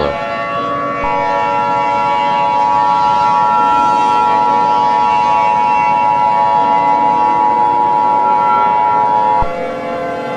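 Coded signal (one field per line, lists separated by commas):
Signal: Emergency Alert System (SAME) tones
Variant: 853 and 960 Hz attention tone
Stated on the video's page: Fictional EAS scenario.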